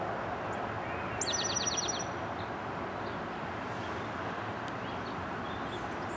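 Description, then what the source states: Towhee delivering one song of a high introductory note and a rapid rhythmic trill, with loud continuous low noise throughout and a few faint chirps. Song; recorded 23 April 2007.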